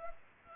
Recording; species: mosquito wingbeat signal from an infrared sensor; Culex pipiens